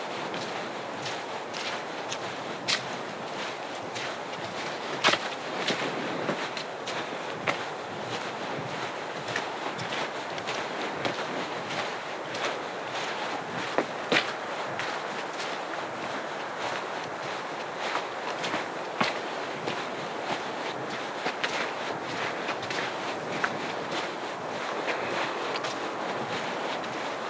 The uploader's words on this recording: Short, Refreshing Winter Hike (Maybury Hiking Short Loop). In the winter, the conditions of this short hike are cold and wet, hovering around freezing temperatures with a mixture of rain and ice. This short session was recorded on the Sound Devices MixPre-6 audio recorder and DPA Binaural headset mic.